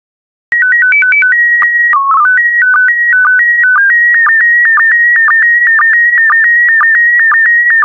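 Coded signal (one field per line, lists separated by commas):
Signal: SSTV (slow-scan television)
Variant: PD120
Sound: brief stepping beeps, then a steady high warbling tone with regular rapid clicks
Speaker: complete. You can now check your decoded image against the picture that is shown on the video.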